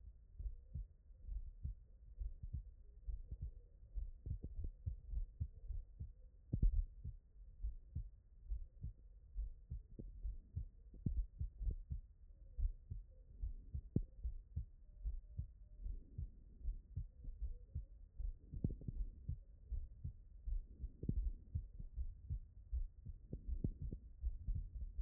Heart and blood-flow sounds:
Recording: heart sounds by stethoscope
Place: tricuspid valve (TV)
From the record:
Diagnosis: HFrEF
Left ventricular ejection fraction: 40%

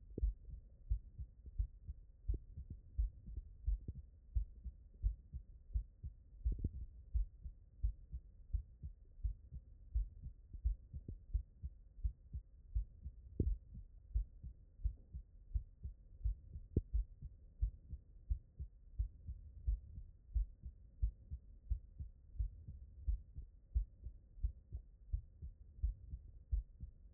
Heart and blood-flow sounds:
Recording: heart sounds by stethoscope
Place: tricuspid valve (TV)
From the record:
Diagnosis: non-HFrEF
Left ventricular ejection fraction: 68%

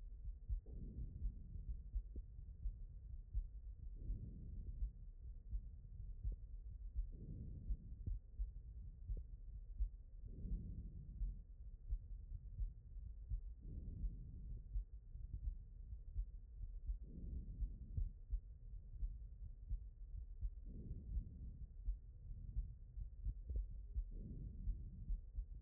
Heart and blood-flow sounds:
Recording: heart sounds by stethoscope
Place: aortic valve (AV)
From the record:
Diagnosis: HFrEF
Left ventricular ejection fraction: 30%

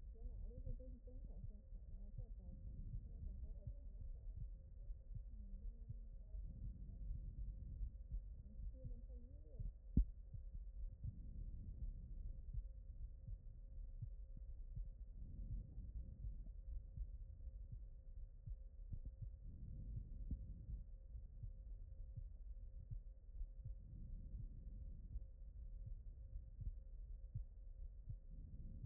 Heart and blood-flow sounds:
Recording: heart sounds by stethoscope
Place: aortic valve (AV)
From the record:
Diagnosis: non-HFrEF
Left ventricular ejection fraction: 71%

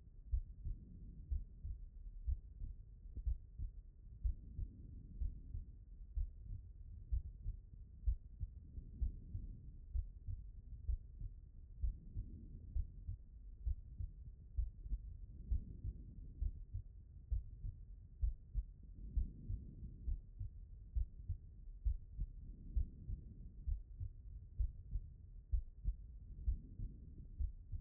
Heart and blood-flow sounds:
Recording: heart sounds by stethoscope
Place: pulmonary valve (PV)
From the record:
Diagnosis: non-HFrEF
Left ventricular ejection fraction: 50%

